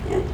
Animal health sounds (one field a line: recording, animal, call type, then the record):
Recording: contact call of a hoofed animal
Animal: pig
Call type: closed-mouth grunt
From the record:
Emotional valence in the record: positive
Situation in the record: food and toys in familiar pen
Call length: 0.34 s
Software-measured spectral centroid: 1560 Hz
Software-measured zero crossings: 890 a second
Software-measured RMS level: -24 dBFS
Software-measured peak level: -13 dBFS